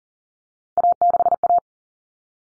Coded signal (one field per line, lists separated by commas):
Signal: Morse code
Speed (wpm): 40 wpm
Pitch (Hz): 700 Hz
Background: none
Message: A6A